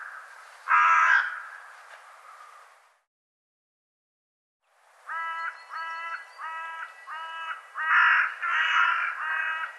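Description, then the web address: Bird calls: one loud hoarse note, a silent gap, then a series of short, evenly spaced nasal notes ending in louder harsh calls. "cianscape birddata"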